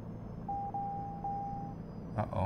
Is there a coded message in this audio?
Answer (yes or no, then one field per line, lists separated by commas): no